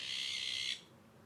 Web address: SETE data Garrulus glandarius